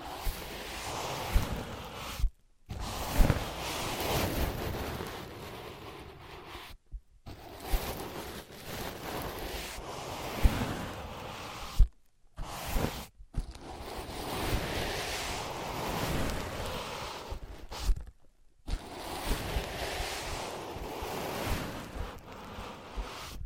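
Dense, rushing scratching and rubbing on ear pads surges like surf, broken by abrupt short silences near 2, 7, 12 and 18 seconds.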